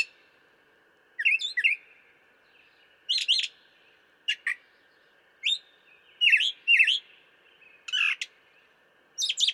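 Brown thrasher singing short phrases, mostly given in pairs: sharp, downslurred chips and whistles separated by brief pauses, over a constant faint background tone.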